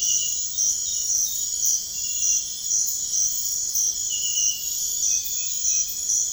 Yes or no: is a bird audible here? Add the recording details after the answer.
no. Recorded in pastures near Puerto Asís, Putumayo, Colombia, on 21 March 2025 at 03:30. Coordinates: 0.502, -76.324. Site GP07